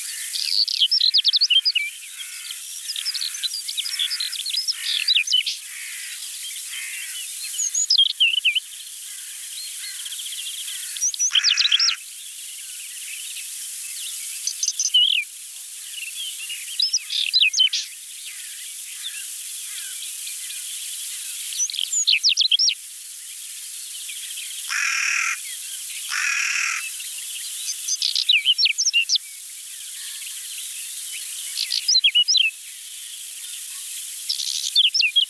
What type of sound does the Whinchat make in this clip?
song